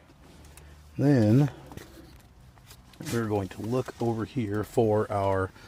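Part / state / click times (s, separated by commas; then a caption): camera power plug into the camera / seated / 0.6 s. A camera power plug is snapped into its socket on a 2022 BMW X6 while working on the camera shroud, and it seats with a small click at 0.6 s. A few faint taps follow in the quiet before someone talks.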